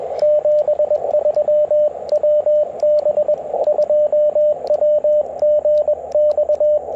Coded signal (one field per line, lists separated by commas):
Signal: Morse code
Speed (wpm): 21 wpm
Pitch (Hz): 590 Hz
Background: radio noise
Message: 73 WB2WGX